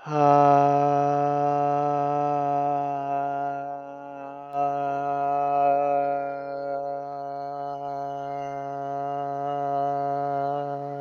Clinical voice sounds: vowel held as long as possible; male; 20 to 29 years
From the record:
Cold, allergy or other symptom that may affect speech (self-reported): no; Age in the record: 28 years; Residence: Massachusetts, United States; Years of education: 12

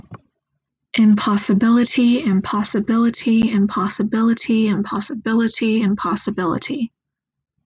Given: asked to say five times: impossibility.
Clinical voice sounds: repeated word; female; 20 to 29 years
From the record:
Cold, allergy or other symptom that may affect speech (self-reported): no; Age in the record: 24 years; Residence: Ohio, United States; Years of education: 19

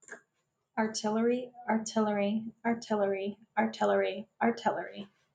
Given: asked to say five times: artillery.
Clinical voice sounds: repeated word; female; 30 to 39 years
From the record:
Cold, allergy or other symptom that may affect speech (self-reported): no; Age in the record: 33 years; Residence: United States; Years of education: 19

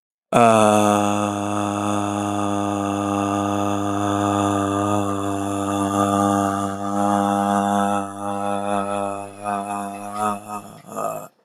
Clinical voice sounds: vowel held as long as possible; male; 30 to 39 years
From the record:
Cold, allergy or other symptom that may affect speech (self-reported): no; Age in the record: 33 years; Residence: Virginia, United States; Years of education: 18

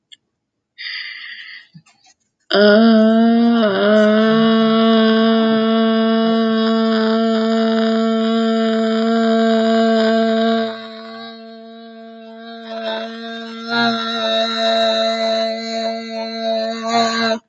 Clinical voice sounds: vowel held as long as possible; female; 18 to 19 years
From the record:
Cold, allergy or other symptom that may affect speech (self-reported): no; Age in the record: 19 years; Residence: Florida, United States

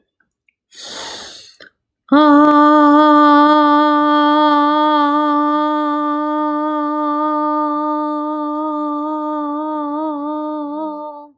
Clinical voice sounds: vowel held as long as possible; female; 50 to 59 years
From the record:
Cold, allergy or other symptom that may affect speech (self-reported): no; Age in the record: 54 years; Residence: Virginia, United States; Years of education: 17

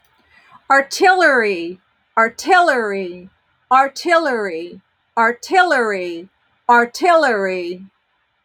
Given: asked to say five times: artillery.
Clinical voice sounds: repeated word; female; 50 to 59 years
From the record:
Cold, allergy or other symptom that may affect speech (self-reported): no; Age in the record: 58 years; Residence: Pennsylvania, United States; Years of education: 26

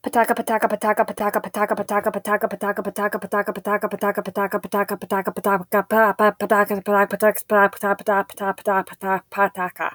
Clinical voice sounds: repeated syllables /pa ta ka/; female; 30 to 39 years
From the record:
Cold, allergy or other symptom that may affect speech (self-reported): no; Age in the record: 35 years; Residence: Illinois, United States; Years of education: 22

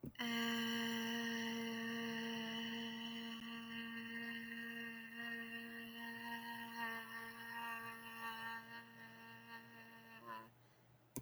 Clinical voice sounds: vowel held as long as possible; female; 20 to 29 years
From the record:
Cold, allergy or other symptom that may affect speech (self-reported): no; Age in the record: 25 years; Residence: North Carolina, United States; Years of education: 16

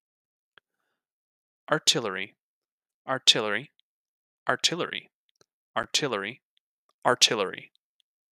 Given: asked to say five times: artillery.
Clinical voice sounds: repeated word; male; 20 to 29 years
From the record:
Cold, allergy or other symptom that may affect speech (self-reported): no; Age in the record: 27 years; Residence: California, United States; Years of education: 18

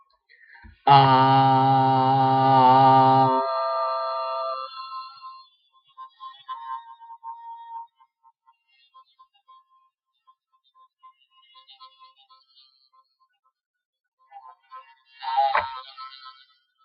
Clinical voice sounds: vowel held as long as possible; male; 40 to 49 years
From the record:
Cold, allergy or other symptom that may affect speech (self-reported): no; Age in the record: 42 years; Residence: Washington, United States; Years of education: 16

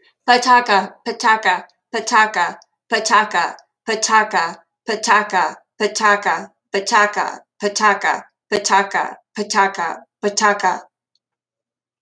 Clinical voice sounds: repeated syllables /pa ta ka/; female; 50 to 59 years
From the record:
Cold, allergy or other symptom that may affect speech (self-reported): no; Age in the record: 54 years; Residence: Arizona, United States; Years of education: 19

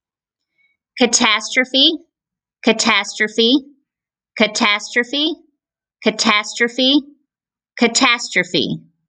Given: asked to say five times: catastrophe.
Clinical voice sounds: repeated word; female; 40 to 49 years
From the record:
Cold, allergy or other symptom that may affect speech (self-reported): no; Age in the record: 44 years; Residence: Georgia, United States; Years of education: 16

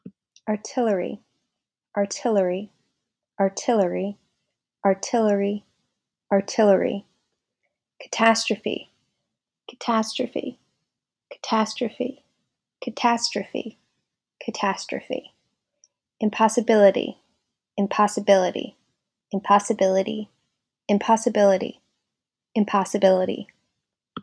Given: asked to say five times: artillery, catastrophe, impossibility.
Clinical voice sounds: three words, each repeated; female; 30 to 39 years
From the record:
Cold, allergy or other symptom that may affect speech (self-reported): no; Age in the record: 32 years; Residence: Pennsylvania, United States

